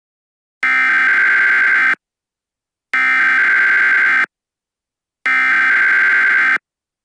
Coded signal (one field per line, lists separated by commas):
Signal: Emergency Alert System (SAME) tones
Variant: header bursts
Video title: Eas Scenario 1: The Dog (Part 1)